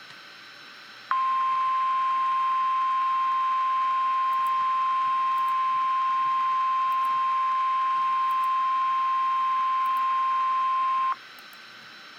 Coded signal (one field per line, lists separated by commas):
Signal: Emergency Alert System (SAME) tones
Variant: 1050 Hz attention tone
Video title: Double header REAL EAS 427,428-2 SVRs